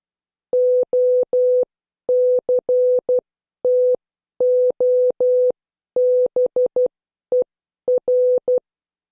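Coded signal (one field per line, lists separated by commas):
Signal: Morse code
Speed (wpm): 12 wpm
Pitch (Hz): 500 Hz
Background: none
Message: OCTOBER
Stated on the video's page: Morse code class lesson, tenth session.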